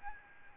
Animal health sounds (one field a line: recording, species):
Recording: mosquito wingbeat signal from an infrared sensor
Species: Aedes albopictus